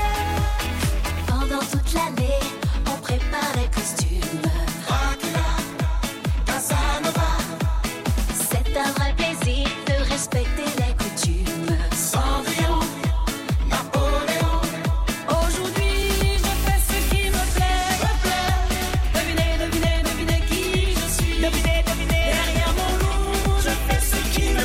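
A Friday evening at the Saint-Savin bowling alley, filled with music. For about fifteen seconds a steady, thumping beat pulses roughly twice a second under a busy mix, then the bass turns into a continuous heavy drone and the music grows fuller and louder.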